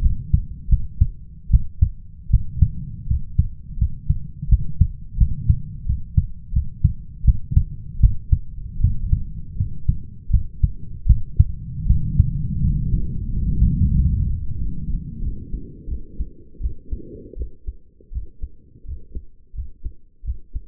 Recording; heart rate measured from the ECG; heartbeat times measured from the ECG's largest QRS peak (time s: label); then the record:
heart sounds by stethoscope; 83 bpm
0.01 s: heartbeat
0.69 s: heartbeat
1.50 s: heartbeat
2.30 s: heartbeat
3.07 s: heartbeat
3.78 s: heartbeat
4.48 s: heartbeat
5.17 s: heartbeat
5.86 s: heartbeat
6.53 s: heartbeat
7.24 s: heartbeat
8.00 s: heartbeat
8.80 s: heartbeat
9.56 s: heartbeat
10.30 s: heartbeat
11.06 s: heartbeat
11.86 s: heartbeat
12.61 s: heartbeat
13.29 s: heartbeat
13.93 s: heartbeat
14.57 s: heartbeat
15.21 s: heartbeat
15.88 s: heartbeat
16.60 s: heartbeat
17.36 s: heartbeat
18.12 s: heartbeat
18.85 s: heartbeat
19.54 s: heartbeat
20.24 s: heartbeat
From the record:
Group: healthy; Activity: rest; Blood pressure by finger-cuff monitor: 112/75 mmHg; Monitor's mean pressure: 82 mmHg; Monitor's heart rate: 83 bpm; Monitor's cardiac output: 6.1 L/min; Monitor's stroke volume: 74 mL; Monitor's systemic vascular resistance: 1000 dyn s/cm5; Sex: male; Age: 21 years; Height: 170 cm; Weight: 71 kg